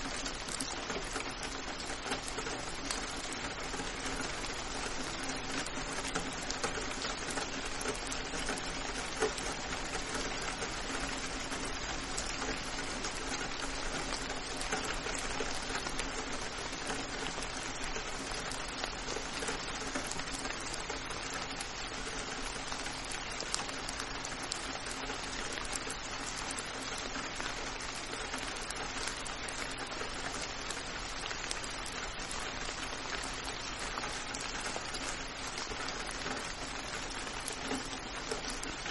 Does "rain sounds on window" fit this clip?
yes